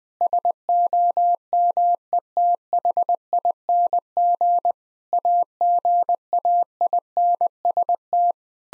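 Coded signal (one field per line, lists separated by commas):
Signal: Morse code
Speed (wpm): 19 wpm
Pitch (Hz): 700 Hz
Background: none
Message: SOMETHING AGAINST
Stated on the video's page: Morse code practice at 20 wpm: sentences built from common nine-word phrases, each sent, then sent again for head-copy training.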